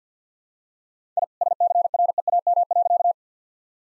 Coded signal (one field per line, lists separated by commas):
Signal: Morse code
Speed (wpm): 49 wpm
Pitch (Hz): 700 Hz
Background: none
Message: I SCREAM.